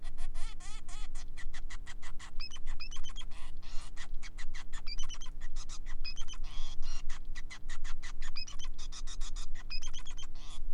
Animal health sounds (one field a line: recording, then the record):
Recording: song of a male Bengalese finch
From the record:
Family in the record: son of father 5